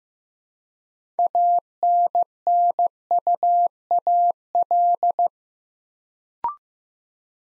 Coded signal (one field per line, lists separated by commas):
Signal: Morse code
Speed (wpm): 15 wpm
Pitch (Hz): 700 Hz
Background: none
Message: ANNUAL